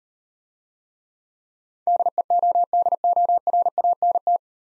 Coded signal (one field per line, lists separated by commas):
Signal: Morse code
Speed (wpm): 37 wpm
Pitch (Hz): 700 Hz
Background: none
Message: DEODORANT